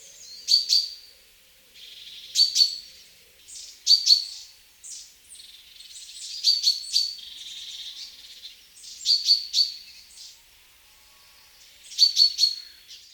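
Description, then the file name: Great tit: six short bursts of sharp, high, ringing notes, with fainter thin sounds between. "Parus major"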